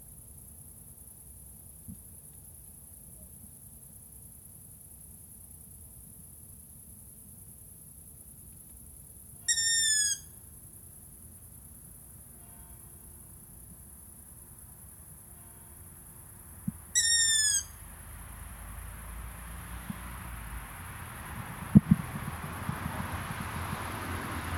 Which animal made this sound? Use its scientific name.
Asio otus